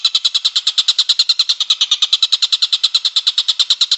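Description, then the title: Bird giving a fast, steady rattling trill of high, sharp notes, unbroken for the whole stretch. Masteran: training songs for cage birds. "Masteran Burung"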